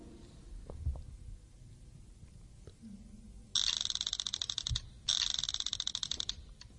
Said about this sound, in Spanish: Eso que escuchan es el Ghostmeter vibrando, marcándole con la aguja el yéndose de escala.